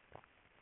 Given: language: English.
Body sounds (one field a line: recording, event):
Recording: throat vibration sensor signal played as sound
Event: swallow